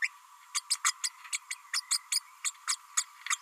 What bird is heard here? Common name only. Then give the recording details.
Green-rumped Parrotlet. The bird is a female. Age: 31 days. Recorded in a nest box in Venezuela. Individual 17B32A5